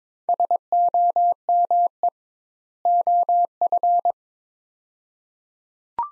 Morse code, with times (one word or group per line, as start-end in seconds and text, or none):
0.3-2.1 SOME
2.9-4.1 OF